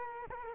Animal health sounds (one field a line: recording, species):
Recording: mosquito wingbeat signal from an infrared sensor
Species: Culex quinquefasciatus